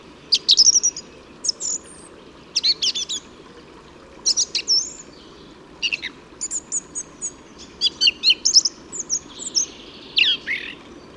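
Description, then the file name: Song thrush song with varied phrases of piercing whistles, clicks and trilled notes, over faint background hiss. "Singdrossel Gesang"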